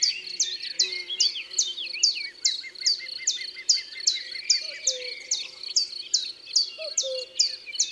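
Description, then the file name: Common chiffchaff song: a steady series of repeated high notes, with fainter lower calls beneath. "Pouillot veloce"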